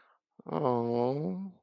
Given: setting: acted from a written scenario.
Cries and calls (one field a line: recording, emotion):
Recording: vocal sound without words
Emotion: sympathy